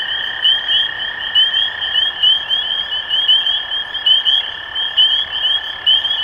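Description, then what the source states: Spring peeper chorus of countless shrill, rising peeps overlapping without pause, about one a second from the loudest caller, over a steady lower droning tone. Recorded 23 March 2012.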